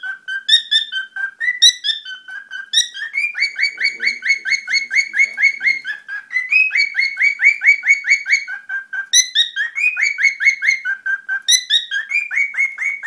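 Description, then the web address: Cockatiel chirping calls, long runs of quick rising whistled chirps with a few higher notes in between. "korella"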